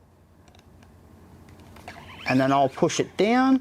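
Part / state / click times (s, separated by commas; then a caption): spring retainer into blaster gearbox / not seated / none. A spring retainer, plastic or metal, is set in place and about to be pushed down with a screwdriver into the metal gearbox of a Lightning gel blaster. Faint small clicks and taps sound through the first two seconds, and then someone talks. Nothing has seated or clicked into place yet.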